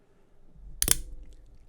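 A folding knife's blade is flipped open, and the lock in the handle engages with a two-stage sound. Two sharp clicks land at 0.8 s and 0.9 s, and the blade locks open.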